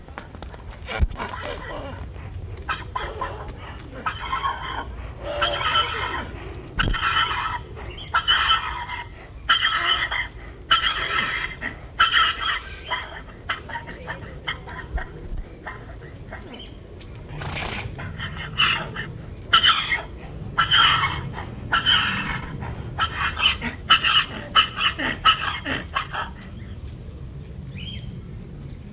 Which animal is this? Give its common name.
Onager